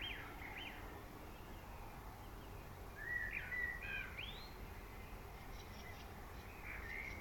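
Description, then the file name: Common blackbird singing short fluty phrases with a rising note, faint background noise. "Turdus merula"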